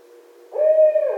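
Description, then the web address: Barred owl hoot, a steady hollow note that starts after a half-second pause and is cut off while still sounding. 1 December 2011. "Barred Owl 2011 12 01"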